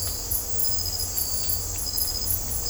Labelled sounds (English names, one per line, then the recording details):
none
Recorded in dense forest near Puerto Asís, Putumayo, Colombia, on 20 December 2024 at 00:30
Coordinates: 0.503, -76.323
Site G043